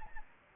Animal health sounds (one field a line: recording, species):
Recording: mosquito wingbeat signal from an infrared sensor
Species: Aedes albopictus